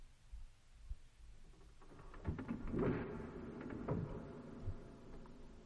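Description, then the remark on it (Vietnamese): A low rumble gives way to a burst of rapid wooden clattering and rattling knocks lasting about two seconds from the wall behind a throne, like a heavy concealed door grinding open, as a man seated on the throne pulls up on its armrests, ending with a dull thud. “Hai tay của anh khẽ kéo lên, chúng tôi thấy từ trên bức tường phía sau long ỷ vọng lại những tiếng lộc cộc rất lớn.”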